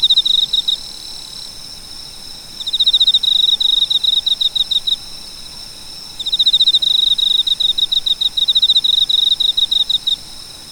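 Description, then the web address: Cricket calling in repeated bouts of fast, bright, high-pitched pulses, three bursts separated by short pauses, over faint background noise. "sound nature cricket"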